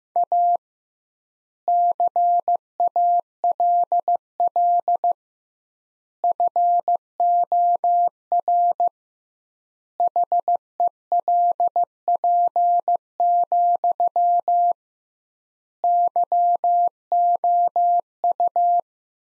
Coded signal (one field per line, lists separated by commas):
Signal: Morse code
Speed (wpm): 15 wpm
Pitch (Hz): 700 Hz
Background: none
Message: A CALL FOR HELP, YOU